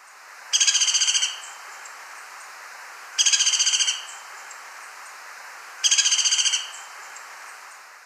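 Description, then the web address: Crimson-mantled woodpecker giving three short, rapid, harsh rattling bursts, each under a second, repeated roughly every two and a half seconds over quiet background hiss. In Ecuador. "Birds of Ecuador. Crimson-mantled Woodpecker"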